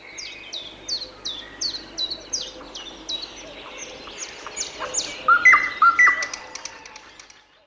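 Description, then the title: Common chiffchaff song: a steady run of high, down-slurred chiff-chaff notes, then a few louder, lower whistled notes near the end. "Ярмышко Л. - Аудиоэнциклопедия. Ïåíî÷êà-òåíüêîâêà"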